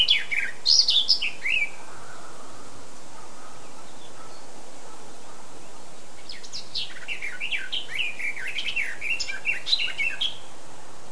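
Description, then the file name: Eurasian blackcap song, a short warbled phrase at the start, then a longer run of quick, varied twittering notes after a pause, over soft steady background noise. "Sylvia atricapilla"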